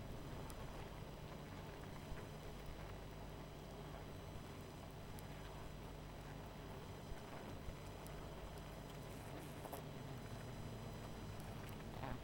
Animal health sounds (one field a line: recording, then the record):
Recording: honeybee colony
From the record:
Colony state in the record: missing queen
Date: 14 July 2017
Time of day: 21:18